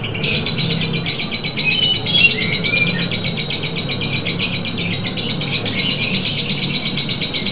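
Lovebird chattering, fast continuous high chirps in a steady stream, with a low background rumble.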